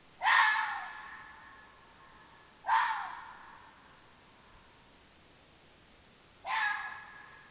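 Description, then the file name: Red fox calling, three short, hoarse, rasping calls spaced a few seconds apart over a quiet background. Lingshan, 1 November 2024, at night, around 23:11. "2024 LINGSHAN 20241101 231102 Red-Fox-calls"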